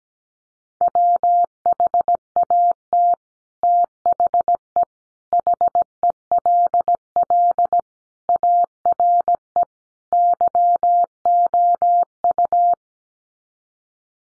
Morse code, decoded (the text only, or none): WHAT THE HELL ARE YOU